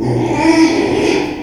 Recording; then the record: squeal of a Yucatan mini pig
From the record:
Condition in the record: after surgery on the right vocal fold (resection and tissue-engineered implant); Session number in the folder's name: 2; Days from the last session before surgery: 13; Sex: male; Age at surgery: 12 weeks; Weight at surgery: 13 kg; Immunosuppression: cyclosporine, prednisolone